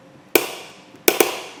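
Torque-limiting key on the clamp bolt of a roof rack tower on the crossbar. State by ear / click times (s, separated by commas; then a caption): torque reached / 0.4 s, 1.1 s. A torque-limiting key tightens the clamp bolt on the rear crossbar tower of a Yakima SightLine roof rack on a 2023 Honda CR-V, with the tower fairly loose so it takes a lot of turning. Sharp clicks sound at 0.4 s and 1.1 s, followed by a softer click at 1.2 s. The key has reached its torque setting and the clamp is confirmed tight.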